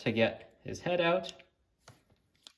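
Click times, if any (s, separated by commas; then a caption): 2.5 s. Someone talks, then a plastic chest piece on a Transformers Legacy Leader Blitzwing action figure is snapped back into the figure's torso after the upper body is rotated to bring the head out. A soft tap comes at about 1.9 s, and a sharp, brief click at 2.5 s marks the piece seating in place.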